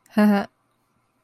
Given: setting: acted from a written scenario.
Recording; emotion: vocal sound without words; amusement